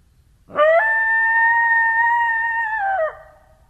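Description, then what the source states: Coyote howl, rising sharply at the start, then held as a long, even, harmonic-rich note for about two and a half seconds before dropping away at the end. Coyotes, recorded on 2012-04-19.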